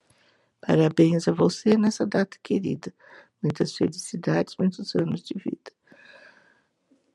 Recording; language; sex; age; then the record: short text; Brazilian Portuguese; female; 70 to 79 years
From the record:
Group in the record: control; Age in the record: 77 years